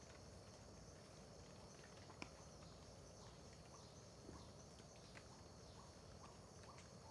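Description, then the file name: Crickets trill continuously at high pitch; a repeated soft lower note and sporadic drips sound beneath the drone. Crickets at Terra Ronca park near the road at dawn, with dripping water; AB stereo recording. "Ambiencia parque terra ronca perto da estrada amanhecer com bacurau, gotejar, grilos"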